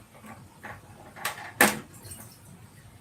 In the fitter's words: and uh and then it snapped into place so now that's not going to slip off or go anywhere